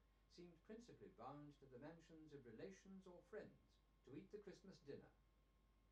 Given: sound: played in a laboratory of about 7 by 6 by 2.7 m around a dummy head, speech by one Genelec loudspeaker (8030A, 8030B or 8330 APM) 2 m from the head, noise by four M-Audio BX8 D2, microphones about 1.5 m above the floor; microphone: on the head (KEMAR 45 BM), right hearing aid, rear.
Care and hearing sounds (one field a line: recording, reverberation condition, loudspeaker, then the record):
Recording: male speech in English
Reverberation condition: low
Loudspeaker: 60 degrees to the left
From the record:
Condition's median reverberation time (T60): about 310 ms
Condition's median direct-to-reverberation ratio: about 3.5 dB